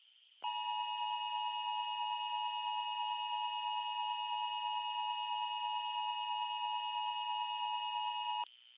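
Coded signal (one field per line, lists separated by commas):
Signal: Emergency Alert System (SAME) tones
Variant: 853 and 960 Hz attention tone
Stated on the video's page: Fictional joke EAS alert.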